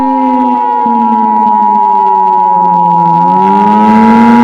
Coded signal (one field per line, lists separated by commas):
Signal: Emergency Alert System (SAME) tones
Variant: 853 and 960 Hz attention tone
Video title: (Eas Scenario/Analog Horror) Blue Moon Virus